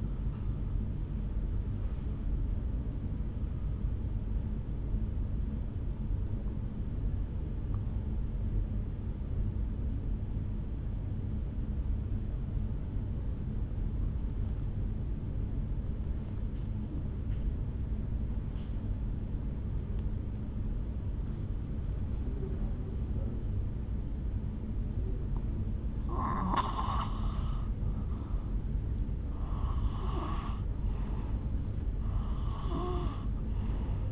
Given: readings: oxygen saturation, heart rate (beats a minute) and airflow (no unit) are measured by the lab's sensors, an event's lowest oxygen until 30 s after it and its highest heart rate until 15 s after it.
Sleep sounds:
breathing in sleep by a smartphone at the bedside; 1
6.00-29.00 s: obstructive apnea (N1, oxygen 97% highest, then 86% lowest, heart rate 50 at the start, 70 highest)
17.00-34.11 s: new sleep stage, N2 (light sleep)
From the record:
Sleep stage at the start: N1 (lightest sleep); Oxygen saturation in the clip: 83 to 97%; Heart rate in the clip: 49 to 70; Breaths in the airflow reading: 3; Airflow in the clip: -6.8 to 3.6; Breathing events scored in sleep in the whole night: 449 in 7.0 hours asleep

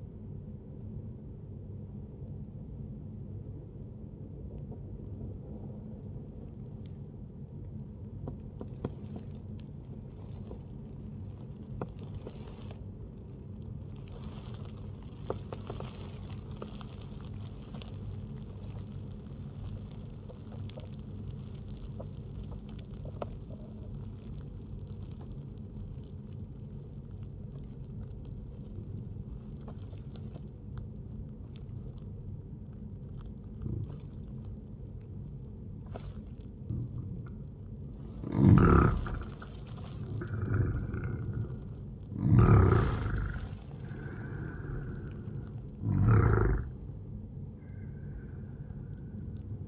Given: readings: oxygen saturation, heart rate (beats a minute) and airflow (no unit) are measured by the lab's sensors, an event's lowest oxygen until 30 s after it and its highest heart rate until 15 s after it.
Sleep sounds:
breathing in sleep by a smartphone at the bedside; 1
0.00-29.00 s: awake
5.00-36.80 s: obstructive apnea (scored as awake, oxygen 98% highest, then 93% lowest, heart rate 65 at the start, 77 highest)
6.00-49.68 s: new sleep stage, N1 (lightest sleep)
From the record:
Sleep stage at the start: awake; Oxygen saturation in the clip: 91 to 98%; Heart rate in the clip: 63 to 77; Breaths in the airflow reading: 3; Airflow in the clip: -8.6 to 10.1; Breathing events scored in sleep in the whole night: 131 in 7.2 hours asleep

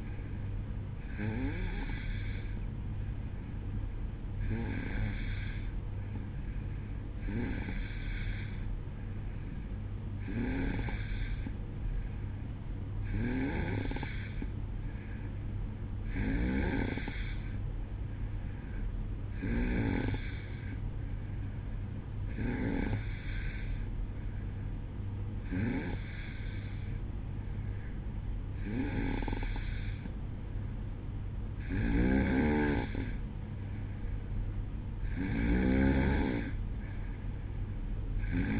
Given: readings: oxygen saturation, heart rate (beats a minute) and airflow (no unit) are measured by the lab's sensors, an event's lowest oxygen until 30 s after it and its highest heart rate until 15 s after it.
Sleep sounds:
breathing in sleep by a smartphone at the bedside; none
none scored
From the record:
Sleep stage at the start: N2 (light sleep); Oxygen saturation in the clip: 91%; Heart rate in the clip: 62 to 67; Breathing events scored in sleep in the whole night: 305 in 9.6 hours asleep

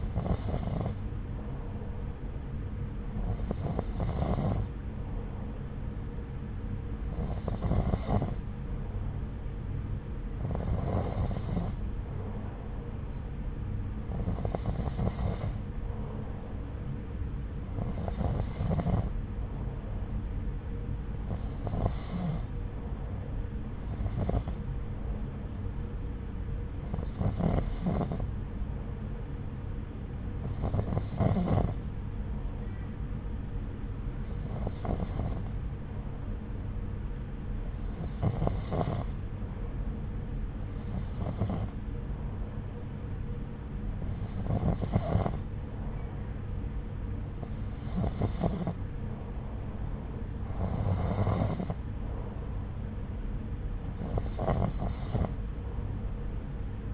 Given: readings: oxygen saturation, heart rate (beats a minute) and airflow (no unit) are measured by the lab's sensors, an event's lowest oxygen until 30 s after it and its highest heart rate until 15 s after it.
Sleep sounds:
breathing in sleep by a smartphone at the bedside; none
none scored
From the record:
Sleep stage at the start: N2 (light sleep); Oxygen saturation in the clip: 91 to 92%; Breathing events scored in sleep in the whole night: 303 in 8.1 hours asleep

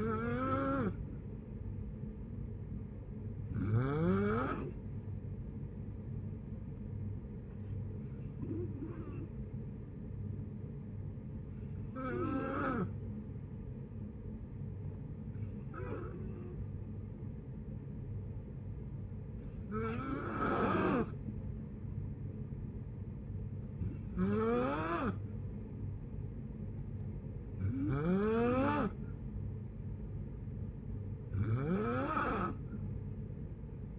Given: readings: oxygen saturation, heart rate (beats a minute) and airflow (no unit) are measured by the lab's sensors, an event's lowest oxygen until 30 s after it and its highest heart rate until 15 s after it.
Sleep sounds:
breathing in sleep by a smartphone at the bedside; 1
7.00-23.00 s: hypopnea (N2, oxygen 93% highest, then 90% lowest, heart rate 67 at the start, 67 highest)
From the record:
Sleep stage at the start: N2 (light sleep); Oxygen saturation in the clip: 90 to 93%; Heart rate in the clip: 64 to 70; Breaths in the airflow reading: 9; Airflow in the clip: -5.6 to 5.0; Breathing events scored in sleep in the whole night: 496 in 5.4 hours asleep

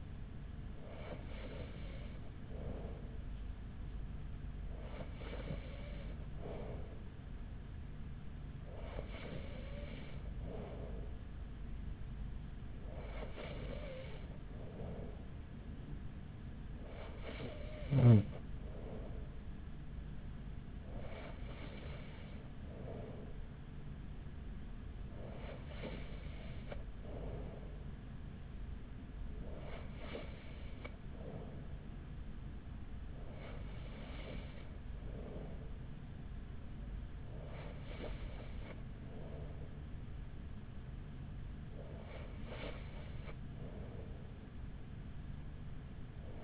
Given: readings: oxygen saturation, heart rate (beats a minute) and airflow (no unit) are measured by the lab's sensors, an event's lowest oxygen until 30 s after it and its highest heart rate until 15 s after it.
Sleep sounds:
breathing in sleep by a smartphone at the bedside; none
none scored
From the record:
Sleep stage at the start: N3 (deep sleep); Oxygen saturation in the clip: 94%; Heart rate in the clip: 41 to 46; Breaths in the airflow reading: 11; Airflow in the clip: -4.7 to 4.6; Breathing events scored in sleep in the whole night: 207 in 7.6 hours asleep

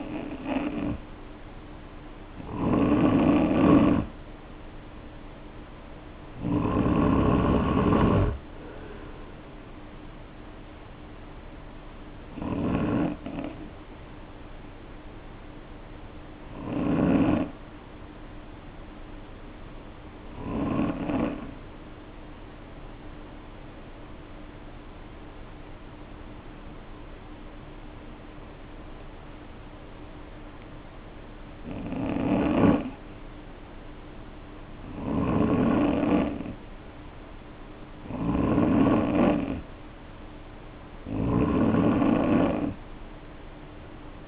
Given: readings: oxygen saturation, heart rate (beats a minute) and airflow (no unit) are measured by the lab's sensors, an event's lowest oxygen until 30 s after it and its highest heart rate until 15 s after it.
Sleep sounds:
breathing in sleep by a voice recorder at the bedside; 1
19.00-36.10 s: hypopnea (N3, oxygen 95% highest, then 88% lowest, heart rate 53 at the start, 60 highest)
From the record:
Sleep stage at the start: N3 (deep sleep); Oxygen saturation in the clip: 88 to 95%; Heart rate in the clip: 51 to 60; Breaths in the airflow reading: 12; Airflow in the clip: -2.8 to 4.0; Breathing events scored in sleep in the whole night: 520 in 7.2 hours asleep

